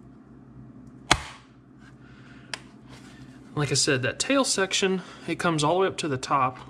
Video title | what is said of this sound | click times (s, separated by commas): Steyr pistol Holster | the top of the the slide it'll actually grab and make a nice audible click like | 1.1 s